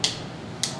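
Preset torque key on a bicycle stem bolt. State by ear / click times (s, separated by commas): torque reached / 0.0 s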